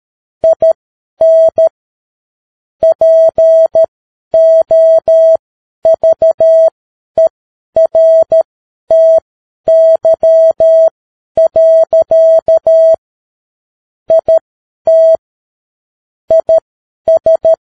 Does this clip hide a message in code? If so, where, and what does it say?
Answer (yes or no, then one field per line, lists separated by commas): yes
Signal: Morse code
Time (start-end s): 0.4-17.5 s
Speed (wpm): 13 wpm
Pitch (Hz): 650 Hz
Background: none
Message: IN POVERTY. IT IS